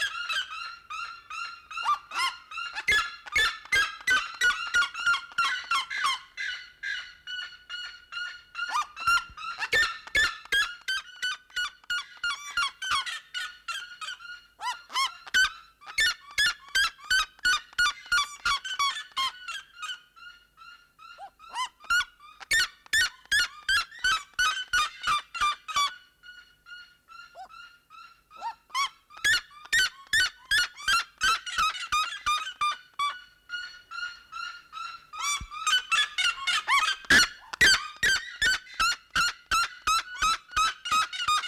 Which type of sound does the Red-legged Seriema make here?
call